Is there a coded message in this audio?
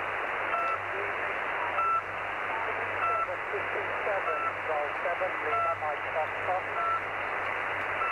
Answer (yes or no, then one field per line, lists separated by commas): no